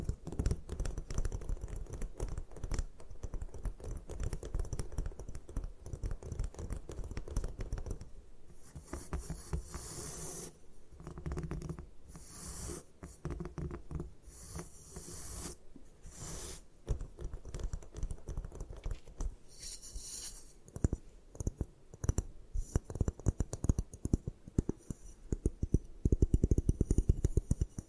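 Gym chalk is crushed and crumbled in a dense, uneven stream of tiny clicks and crackles, with soft low thumps underneath. Brighter, gritty scraping bursts break through around 8–10 seconds, again near 12, 15 and 20 seconds, and the crunching grows louder toward the end.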